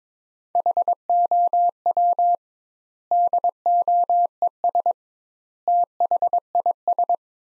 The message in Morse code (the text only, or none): HOW DOES THIS